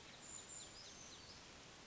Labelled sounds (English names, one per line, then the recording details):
Brown Creeper
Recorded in Sonoma County, California